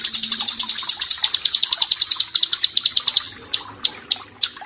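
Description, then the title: Prinia delivering a fast string of high, clicky notes that slows into a few spaced single notes at the end. "Ciblek Sawah"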